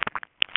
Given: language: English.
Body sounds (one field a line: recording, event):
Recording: throat vibration sensor signal played as sound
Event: swallow